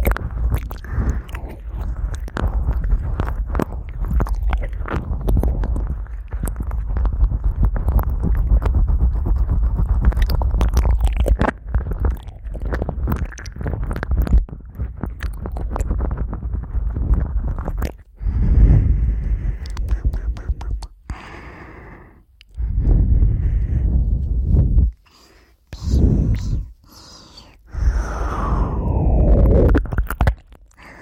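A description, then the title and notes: Fast ear licking: wet, clicking mouth sounds come in a dense, continuous stream for the first eighteen seconds or so. After that the licking turns choppy, with short bursts of slurping broken by brief silences, and a softer, breathy swipe near the end. ASMR Ear Licking Fast.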